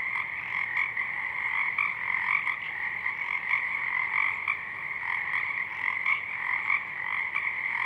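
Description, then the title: Pacific chorus frogs croaking together, many raspy notes stacking into a continuous pulsing chorus, a few individual calls popping out above the rest. Many frogs in full chorus at dusk; downmixed to stereo from a double mid-side recording. "Pacific Chorus Frogs (Pseudacris regilla), dusk"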